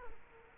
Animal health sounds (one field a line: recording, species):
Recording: mosquito wingbeat signal from an infrared sensor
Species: Culex quinquefasciatus